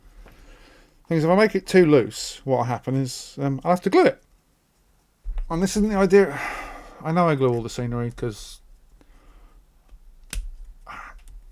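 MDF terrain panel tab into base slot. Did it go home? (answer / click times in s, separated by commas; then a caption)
partly / 10.3 s. A tab on a pre-coloured MDF terrain panel is push-fitted into its slot on a wargaming base, and it seats with a sharp click at 10.3 s. It goes in, but not all the way home. Before that, someone talks.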